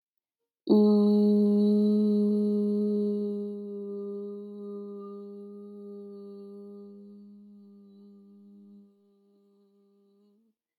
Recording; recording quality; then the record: sustained vowel as in boot; excellent, no background noise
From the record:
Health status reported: exposed to COVID-19, no respiratory illness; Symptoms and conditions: none ticked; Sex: female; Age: 18 years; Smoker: not ticked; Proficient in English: yes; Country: Canada